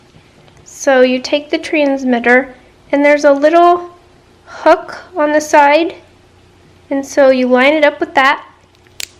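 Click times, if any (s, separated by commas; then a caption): 9.0 s. Someone talks while lining up a plastic Dexcom G6 glucose-monitor transmitter with the hook on the side of the sensor housing worn on the skin. The transmitter is then pushed into place, and a sharp click at 9.0 s marks it seating in the housing.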